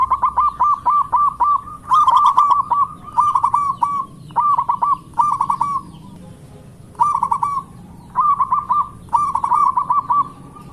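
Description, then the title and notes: Zebra dove song: a rapid run of staccato coos, then repeated short rolling phrases. Lure call of a zebra dove singing actively. "Pancingan Perkutut. Suara Burung Perkutut Gacor"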